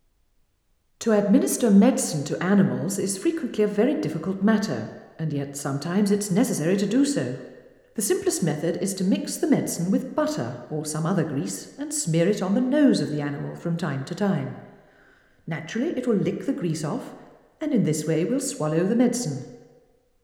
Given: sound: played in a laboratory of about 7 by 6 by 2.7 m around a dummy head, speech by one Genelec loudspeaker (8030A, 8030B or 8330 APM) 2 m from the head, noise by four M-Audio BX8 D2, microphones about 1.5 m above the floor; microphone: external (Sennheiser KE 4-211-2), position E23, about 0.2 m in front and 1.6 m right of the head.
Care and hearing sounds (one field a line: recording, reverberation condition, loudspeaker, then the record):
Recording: female speech in English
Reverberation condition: high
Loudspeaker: 90 degrees to the right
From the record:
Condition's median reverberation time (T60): about 1300 ms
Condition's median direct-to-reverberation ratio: about -4.0 dB